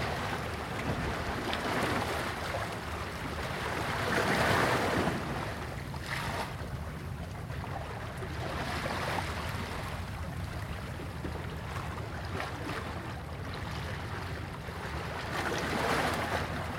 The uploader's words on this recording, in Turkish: Denize kulak veriyor, dalgaların teskin edici sesini dinliyoruz. Enis Çakar tarafından, Vadi Ses Kütüphanesi için kaydedilmiştir.